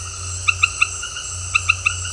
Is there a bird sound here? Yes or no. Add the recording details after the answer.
no. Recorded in dense forest near Puerto Asís, Putumayo, Colombia, on 8 March 2025 at 18:00. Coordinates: 0.468, -76.322. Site GP01